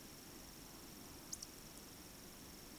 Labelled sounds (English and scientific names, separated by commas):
Eurasian Woodcock (Scolopax rusticola) whistle, Eurasian Woodcock (Scolopax rusticola) croak